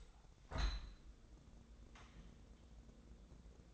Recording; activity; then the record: daily activity, microphone in the room; open window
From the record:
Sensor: 3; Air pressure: 1012.3 hPa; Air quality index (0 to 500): 138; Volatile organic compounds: 2 ppm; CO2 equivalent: 1062 ppm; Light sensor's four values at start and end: 274/669/278/272 and 269/656/273/268